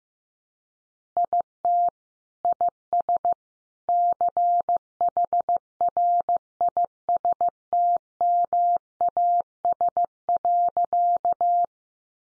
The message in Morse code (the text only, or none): IT IS CHRISTMAS.